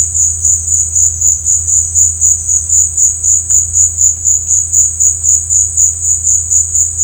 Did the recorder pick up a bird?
no